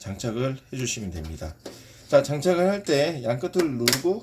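Someone talks while a RAM module is lined up with the notch of a motherboard memory slot and handled for installation, to be pressed down at both ends. The module has not seated yet and no click has been heard.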